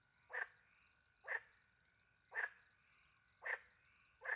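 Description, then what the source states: Frog croaking, brief rasping notes about once a second, with crickets trilling steadily throughout. Frogs with crickets, countryside by night near a little pond, France; microphones hidden in a tree, two Usi pro mics into a Mixpre 10 II recorder.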